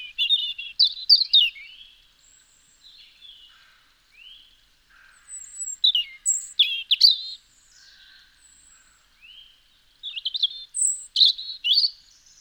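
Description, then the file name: European robin delivering three bursts of varied, tinkling high notes and slurred whistles, separated by soft quiet fragments, with no other clear sounds. "Erithacus rubecula"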